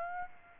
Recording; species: mosquito wingbeat signal from an infrared sensor; Aedes aegypti